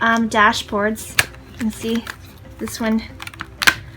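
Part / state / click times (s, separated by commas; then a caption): dashboard page into planner ring binder / seated / 3.6 s. A dashboard page of plastic or cardstock is pushed onto the metal rings of a personal-sized planner while someone talks. A sharp snap at 3.6 s marks the page seating on the rings.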